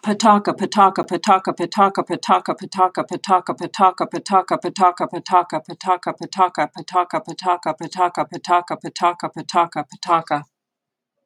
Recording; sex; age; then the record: repeated syllables /pa ta ka/; female; 50 to 59 years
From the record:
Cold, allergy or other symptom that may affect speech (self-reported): no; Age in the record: 54 years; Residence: Pennsylvania, United States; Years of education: 16